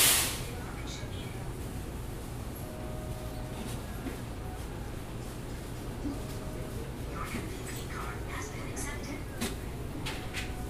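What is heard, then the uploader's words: Steady store hum fills a grocery aisle at Food Lion, with a low rumble underneath throughout. Faint voices of customers murmur, and brief tonal beeps from self-checkout machines sound around three, six and ten seconds, along with scattered clicks and rattles. Standing in an aisle at Food Lion on Plaza. Featuring the self-checkout machines, customers and grocery carts.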